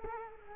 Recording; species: mosquito wingbeat signal from an infrared sensor; Culex quinquefasciatus